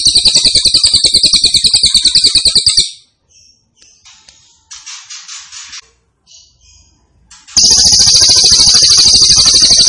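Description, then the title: Grey-cheeked tit-babbler song: an intense, high buzzy pulsing trill, breaking off for a few seconds of softer chirps, then resuming loudly. Cililin described as gacor, singing persistently, with a strong voice (suara mantap). "Cililin AMPUH. Cililin Gacor Suara Mantap"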